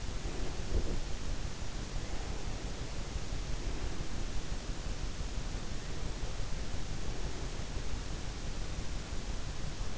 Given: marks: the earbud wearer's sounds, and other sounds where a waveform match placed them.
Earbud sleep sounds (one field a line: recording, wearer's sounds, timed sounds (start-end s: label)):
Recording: sounds in sleep by an in-ear microphone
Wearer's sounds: breath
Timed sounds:
0.00-1.22 s: breath